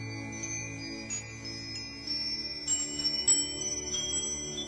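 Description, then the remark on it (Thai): A single bell signal rings out, signalling that a game has started, with bright, sustained metallic tones that hang and shimmer over a low, steady background hum, with no voices. “พอคุณจ้าได้ยินเสียงสัญญาณกริ่งหนึ่งหมายความว่าเกมเริ่มต้นแล้วนะครับ”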